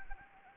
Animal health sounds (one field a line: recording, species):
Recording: mosquito wingbeat signal from an infrared sensor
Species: Anopheles arabiensis